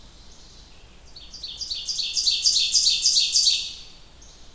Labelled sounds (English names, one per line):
Ovenbird song